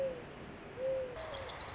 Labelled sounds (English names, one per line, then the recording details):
Mourning Dove
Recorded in Sonoma County, California